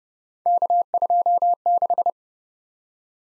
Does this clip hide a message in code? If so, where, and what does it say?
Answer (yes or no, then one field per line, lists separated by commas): yes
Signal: Morse code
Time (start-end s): 0.5-2.1 s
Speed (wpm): 31 wpm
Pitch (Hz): 700 Hz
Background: none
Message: K26